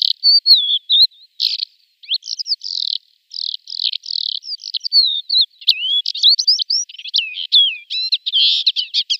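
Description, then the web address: Lesser short-toed lark song, a long varied stream of chirps, slurred whistles and short buzzy notes, with brief pauses and a denser twittering stretch near the end. "Schulze Peter Lesser Short-toed Lark"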